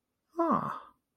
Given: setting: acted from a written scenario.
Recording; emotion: vocal sound without words; realization